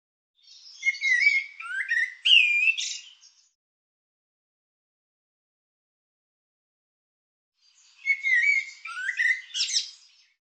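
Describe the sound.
Bird calling in two bursts of quick chirpy, warbled notes, each about three seconds long and separated by several seconds of silence; clean, quiet background.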